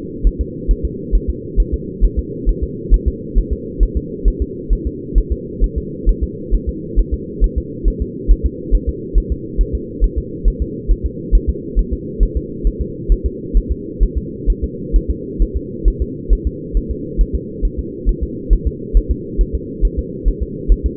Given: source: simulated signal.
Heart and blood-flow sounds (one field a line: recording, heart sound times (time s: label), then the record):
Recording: fetal heart sounds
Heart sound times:
0.27 s: S1
0.41 s: S2
0.71 s: S1
0.85 s: S2
1.15 s: S1
1.30 s: S2
1.60 s: S1
1.74 s: S2
2.04 s: S1
2.19 s: S2
2.49 s: S1
2.63 s: S2
2.94 s: S1
3.08 s: S2
3.38 s: S1
3.53 s: S2
3.83 s: S1
3.97 s: S2
4.28 s: S1
4.42 s: S2
4.73 s: S1
4.87 s: S2
5.18 s: S1
5.32 s: S2
5.64 s: S1
5.78 s: S2
6.09 s: S1
6.23 s: S2
6.55 s: S1
6.69 s: S2
7.00 s: S1
7.14 s: S2
7.44 s: S1
7.58 s: S2
7.88 s: S1
8.02 s: S2
8.31 s: S1
8.46 s: S2
8.75 s: S1
8.89 s: S2
9.18 s: S1
9.32 s: S2
9.61 s: S1
9.75 s: S2
10.04 s: S1
10.18 s: S2
10.48 s: S1
10.62 s: S2
10.91 s: S1
11.06 s: S2
11.35 s: S1
11.50 s: S2
11.79 s: S1
11.93 s: S2
12.23 s: S1
12.37 s: S2
12.67 s: S1
12.81 s: S2
13.12 s: S1
13.26 s: S2
13.57 s: S1
13.72 s: S2
14.03 s: S1
14.18 s: S2
14.50 s: S1
14.64 s: S2
14.96 s: S1
15.10 s: S2
15.42 s: S1
15.57 s: S2
15.88 s: S1
16.02 s: S2
16.33 s: S1
16.47 s: S2
16.77 s: S1
16.91 s: S2
17.21 s: S1
17.35 s: S2
17.65 s: S1
17.79 s: S2
18.09 s: S1
18.23 s: S2
18.53 s: S1
18.67 s: S2
18.97 s: S1
19.11 s: S2
19.41 s: S1
19.55 s: S2
19.85 s: S1
19.99 s: S2
20.28 s: S1
20.43 s: S2
20.72 s: S1
20.86 s: S2
From the record:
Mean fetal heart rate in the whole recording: 135 bpm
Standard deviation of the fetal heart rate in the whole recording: 3 bpm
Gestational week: 36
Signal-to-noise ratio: -4.1 dB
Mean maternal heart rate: no maternal heart sound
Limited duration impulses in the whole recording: absent